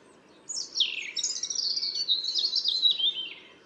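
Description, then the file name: European robin singing one sustained phrase of high, sweet, tumbling notes that sweep up and down for about three seconds, with faint low background noise. "Erithacus rubecula"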